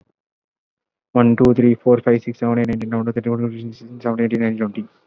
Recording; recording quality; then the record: counting at a fast pace; excellent, no background noise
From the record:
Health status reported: exposed to COVID-19, no respiratory illness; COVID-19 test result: negative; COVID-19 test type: RT-PCR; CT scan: not taken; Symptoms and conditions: none ticked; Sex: male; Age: 22 years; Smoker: no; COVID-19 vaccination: one dose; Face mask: worn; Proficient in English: yes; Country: India